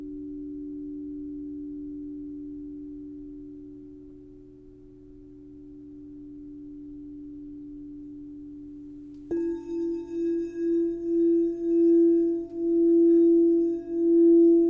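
A crystal singing bowl holds a smooth, steady low-middle tone for about nine seconds. Around nine seconds a struck note adds a brighter ring above, and the sound begins to pulse in slow, regular swells of rising loudness through the end.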